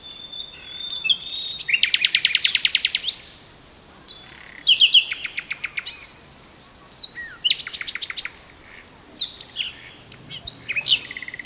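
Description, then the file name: Common nightingale song: loud rapid pulsed trills and whistled notes in separate phrases, with short silent pauses between bursts. "Luscinia megarhynchos"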